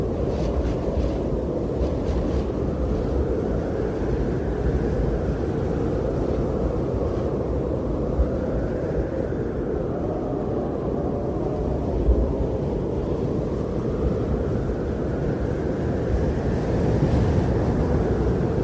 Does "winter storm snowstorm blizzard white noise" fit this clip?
yes